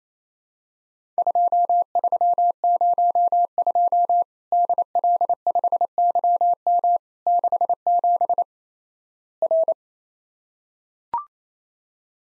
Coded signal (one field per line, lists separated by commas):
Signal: Morse code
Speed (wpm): 28 wpm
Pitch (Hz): 700 Hz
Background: none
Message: 2302 DL5YM 67 R